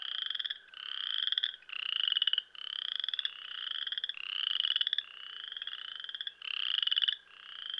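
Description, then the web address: Western chorus frog trilling: short, pulsed, upward-sweeping creaks repeated about once a second. "Dan Gibson Wildlife Identification By Sound, Eastern North America Pt 1. Western Chorus Frog"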